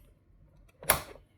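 A plastic processing lid is pushed back onto a frozen ice cream pint container of a Ninja Creami for a re-spin to mix Biscoff into the ice cream. A brief rustle starts at about 0.8 seconds, then a sharp click at 0.9 seconds. The lid snaps on and is seated.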